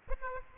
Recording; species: mosquito wingbeat signal from an infrared sensor; Aedes aegypti